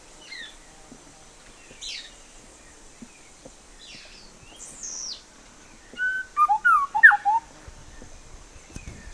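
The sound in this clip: Bird: faint high thin downslurs early, then a loud rapid run of clear whistled notes dropping in pitch, followed by quieter hiss and a low thump.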